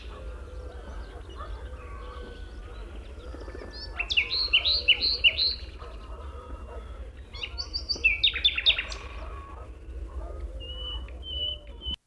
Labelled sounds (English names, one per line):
Common Nightingale song